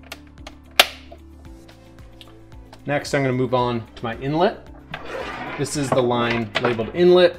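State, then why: Seated. A pre-installed 90° elbow fitting on the faucet tube is clicked into a port on a Cloud reverse osmosis water filter unit, with a sharp click at 0.8 s as it seats. After a few quieter taps, someone talks.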